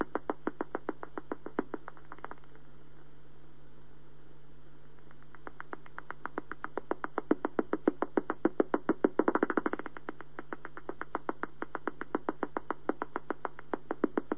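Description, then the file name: Greater mouse-eared bat calls as clicking pulses that thin out, then return in a fast dense series, speeding into a brief buzz before settling back to steady ticks. "gr mausohr"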